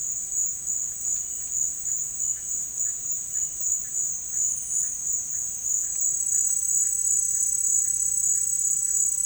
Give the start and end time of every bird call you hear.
1.68s-9.25s: bird call (1.3-2.0 kHz)

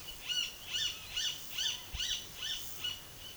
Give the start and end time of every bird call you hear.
0.25s-2.99s: bird call (0.7-7.8 kHz)

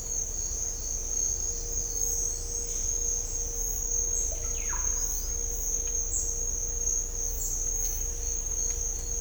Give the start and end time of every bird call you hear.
4.43s-4.83s: bird call (0.6-3.8 kHz)

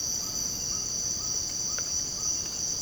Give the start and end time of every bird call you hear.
0.00s-2.34s: bird call (0.7-1.8 kHz)

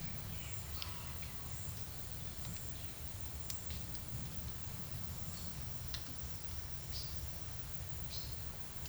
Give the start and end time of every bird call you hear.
6.93s-7.14s: bird call (3.5-5.7 kHz)
8.09s-8.41s: bird call (3.2-6.8 kHz)

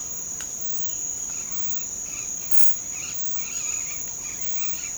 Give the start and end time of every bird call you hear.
1.26s-4.92s: bird call (1.1-4.8 kHz)

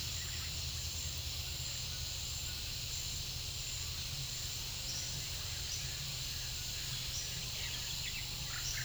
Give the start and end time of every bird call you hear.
7.41s-8.85s: bird call (1.1-4.0 kHz)

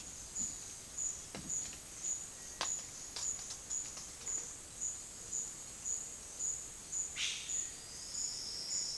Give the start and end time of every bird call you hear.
7.05s-7.69s: bird call (1.4-6.1 kHz)

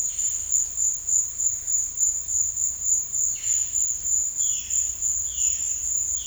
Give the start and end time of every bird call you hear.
0.00s-0.66s: bird call (1.5-5.3 kHz)
3.33s-5.92s: bird call (1.1-5.4 kHz)

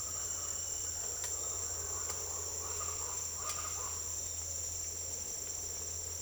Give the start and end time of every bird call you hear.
0.00s-3.96s: bird call (0.5-2.3 kHz)

